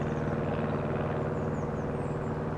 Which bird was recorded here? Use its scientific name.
Cyanistes caeruleus